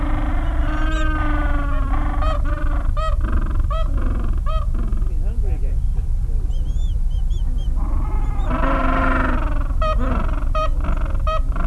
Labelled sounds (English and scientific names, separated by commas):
Gentoo Penguin (Pygoscelis papua)